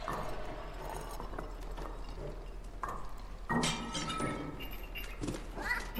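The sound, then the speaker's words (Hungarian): Glass beer bottles knocked over by a cat tip over and clatter together, producing a few irregular bright clinks and knocks over a low steady background hum, with no one speaking. “És még egy picit ki is nyújtózik most, hogy kipihente magát, lökjünk le sörös üvegeket.”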